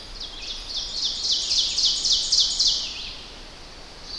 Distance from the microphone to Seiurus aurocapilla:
about 25 m